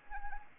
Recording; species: mosquito wingbeat signal from an infrared sensor; Anopheles arabiensis